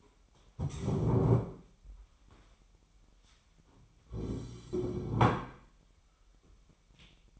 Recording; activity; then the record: daily activity, microphone in the room; stand up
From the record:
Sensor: 1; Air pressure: 998.6 hPa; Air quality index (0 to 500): 118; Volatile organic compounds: 3 ppm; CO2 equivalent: 1407 ppm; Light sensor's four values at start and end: 8/19/8/9 and 8/19/8/9